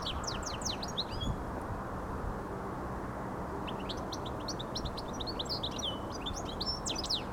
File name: Carduelis carduelis